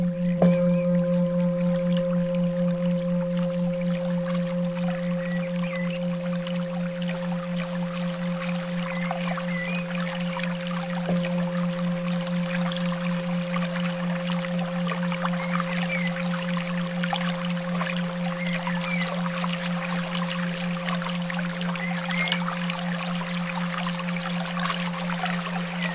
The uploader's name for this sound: Bowl sound massage, running water